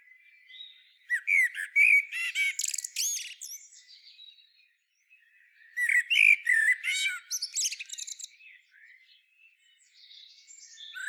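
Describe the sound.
Common blackbird song: a phrase of low whistles running into rapid high twittering, a short pause, then a similar phrase and faint trailing notes.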